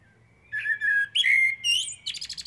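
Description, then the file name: Eurasian blackbird song: three smooth whistled notes, then a burst of thin rapid twittering. "Turdus merula"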